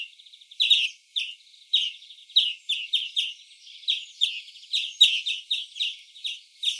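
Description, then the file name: European greenfinch with quick, bright chirps delivered in irregular bursts, some notes sharper and louder, interspersed with softer buzzy twitters. "Chloris chloris"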